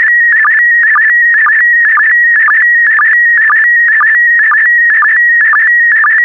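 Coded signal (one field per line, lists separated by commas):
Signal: SSTV (slow-scan television)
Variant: PD120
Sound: steady warbling tone near 2 kHz with short low blips about twice a second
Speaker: get ready starting transmission in 5 4 3 2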